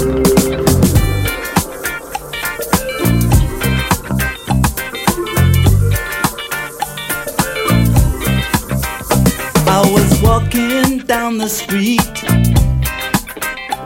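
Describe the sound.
A reggae song plays loudly on the Estrellas de Medianoche program of radio station RAC 97.7 FM, a male voice singing over a steady, choppy rhythm of guitar, bass and drums that continues without pause.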